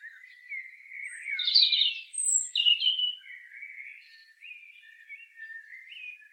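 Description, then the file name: European robin pouring out a rapid, wavering warble with sharp high squeaky notes in the middle and softer trilled notes trailing away. "Erithacus rubecula"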